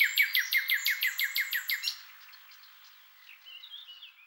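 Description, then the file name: Common nightingale song opening with about ten loud, evenly repeated throbbing notes over two seconds, then quieter scattered chirps and short phrases. "Luscinia megarhynchos"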